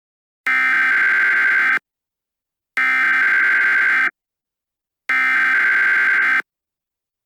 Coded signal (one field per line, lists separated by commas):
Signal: Emergency Alert System (SAME) tones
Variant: header bursts